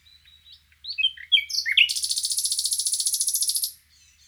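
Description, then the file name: Common nightingale song: a few soft chirps and rising notes building into a loud, very fast buzzing trill lasting about two seconds, with faint low hum beneath. "Luscinia megarhynchos"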